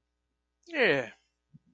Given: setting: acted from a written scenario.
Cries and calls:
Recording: vocal sound without words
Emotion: serenity

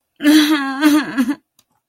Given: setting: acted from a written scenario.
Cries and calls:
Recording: vocal sound without words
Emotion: distress

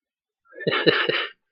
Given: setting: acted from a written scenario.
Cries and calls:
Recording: vocal sound without words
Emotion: amusement

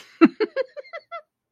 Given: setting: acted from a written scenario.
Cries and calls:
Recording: vocal sound without words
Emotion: amusement

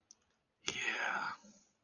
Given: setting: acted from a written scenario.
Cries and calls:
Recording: vocal sound without words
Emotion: pride

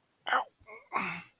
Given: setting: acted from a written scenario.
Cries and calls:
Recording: vocal sound without words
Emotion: pain

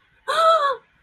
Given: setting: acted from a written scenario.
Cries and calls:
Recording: vocal sound without words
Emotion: fear

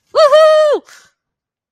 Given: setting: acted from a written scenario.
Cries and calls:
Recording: vocal sound without words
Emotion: triumph

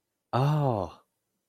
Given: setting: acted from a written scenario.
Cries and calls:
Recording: vocal sound without words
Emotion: awe

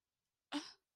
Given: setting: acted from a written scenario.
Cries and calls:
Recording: vocal sound without words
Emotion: guilt

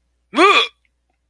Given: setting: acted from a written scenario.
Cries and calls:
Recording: vocal sound without words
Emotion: negative surprise

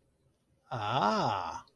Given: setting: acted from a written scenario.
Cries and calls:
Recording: vocal sound without words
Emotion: realization

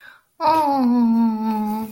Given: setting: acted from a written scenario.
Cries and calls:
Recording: vocal sound without words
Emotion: sympathy

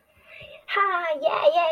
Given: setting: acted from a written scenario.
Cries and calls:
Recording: vocal sound without words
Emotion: triumph

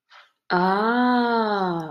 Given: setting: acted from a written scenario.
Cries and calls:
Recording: vocal sound without words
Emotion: realization

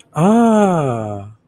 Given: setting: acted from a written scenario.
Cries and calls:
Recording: vocal sound without words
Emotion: realization

